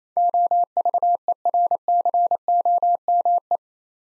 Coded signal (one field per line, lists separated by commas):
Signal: Morse code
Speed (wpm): 28 wpm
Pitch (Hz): 700 Hz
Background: none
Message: OVERCOME